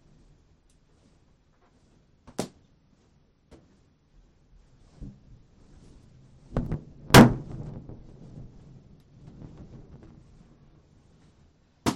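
Sharp pops burst one at a time with a needle, the loudest near seven seconds, separated by quiet stretches and low thumping.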